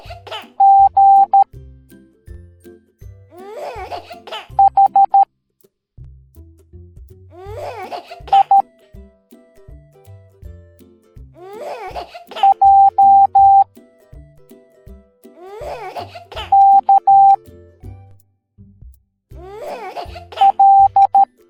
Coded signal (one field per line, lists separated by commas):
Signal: Morse code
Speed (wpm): 13 wpm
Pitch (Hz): 790 Hz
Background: music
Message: G H I J K L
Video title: Gummy Worm Teaching the Morse Code Alphabet Educational Video for Kids